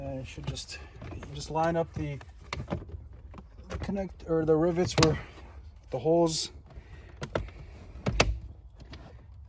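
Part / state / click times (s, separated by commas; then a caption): plastic interior trim piece onto car body rivet holes / seated / 8.2 s. Someone talks while a plastic interior trim piece is lined up with its rivet holes and pressed onto the body of a 2016 Subaru Impreza during airbag and seatbelt replacement. A few light clicks come first, then a sharp pop at 8.2 s as the trim panel seats into place.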